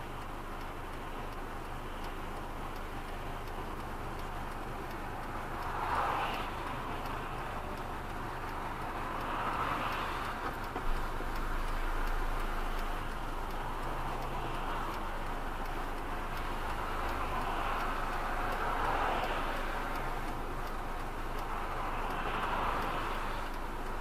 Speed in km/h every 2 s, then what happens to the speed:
0, 0, 0, 0, 0, 0, 0, 0, 0, 0, 0, 0.
0-24 standing.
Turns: none.